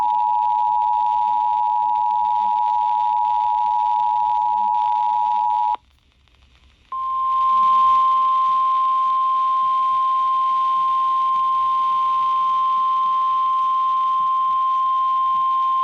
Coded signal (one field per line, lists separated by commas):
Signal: Emergency Alert System (SAME) tones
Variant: 853 and 960 Hz attention tone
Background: speech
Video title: EAS Alerts From July 8-9, 2022